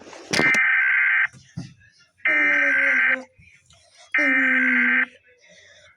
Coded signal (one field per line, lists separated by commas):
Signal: Emergency Alert System (SAME) tones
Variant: header bursts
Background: speech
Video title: eas, alarms